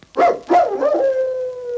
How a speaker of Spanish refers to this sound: Aullido largo, dos cortos y un guau.